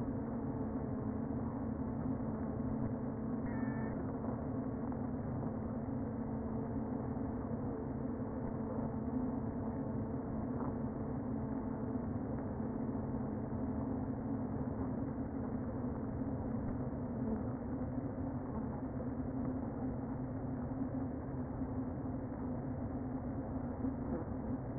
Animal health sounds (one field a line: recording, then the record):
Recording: honeybee colony, microphone inside the hive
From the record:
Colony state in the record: queen present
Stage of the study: before two queens were removed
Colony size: about 60,000 bees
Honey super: yes